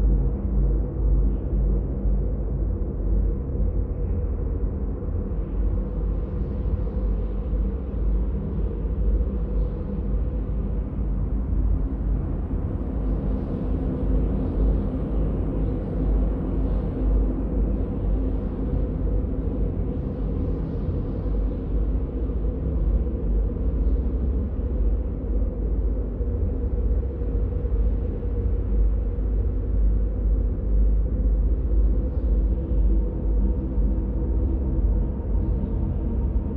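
A deep, steady wind moans through an enclosed stone space, its low rumble filling the bottom end without pause. Faint gusts swell and ease every few seconds, adding a soft airy hiss above, while a few dull hollow tones hang underneath throughout.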